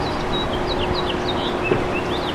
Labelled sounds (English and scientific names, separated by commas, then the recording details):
House Finch (Haemorhous mexicanus) song
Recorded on Long Island, New York, on 24 April 2012
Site AS
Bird B